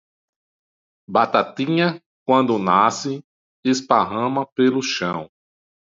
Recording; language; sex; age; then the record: short text; Brazilian Portuguese; male; 40 to 49 years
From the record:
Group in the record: control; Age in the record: 41 years